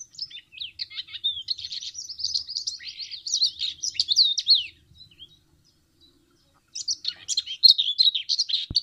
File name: curruca zarcera